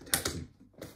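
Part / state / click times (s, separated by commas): stroller bumper bar end into frame mount / seated / 0.1 s, 0.3 s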